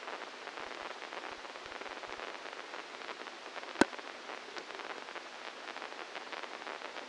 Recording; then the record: brain microelectrode recording played as sound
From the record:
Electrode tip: inside the subthalamic nucleus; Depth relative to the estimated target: -1 mm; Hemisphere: left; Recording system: NeuroSet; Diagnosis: Parkinson's disease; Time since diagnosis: 12 years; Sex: male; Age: 61 years